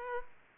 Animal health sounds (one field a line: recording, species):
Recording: mosquito wingbeat signal from an infrared sensor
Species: Aedes aegypti